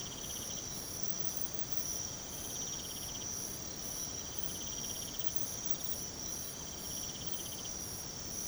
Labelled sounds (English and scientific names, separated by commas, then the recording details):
none
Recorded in pastures near Puerto Asís, Putumayo, Colombia, on 13 March 2025 at 04:00
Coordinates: 0.486, -76.323
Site G075